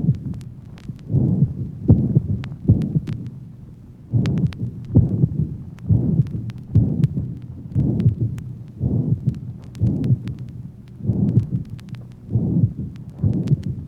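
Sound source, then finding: Heart by stethoscope. Heart murmur.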